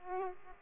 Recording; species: mosquito wingbeat signal from an infrared sensor; Aedes aegypti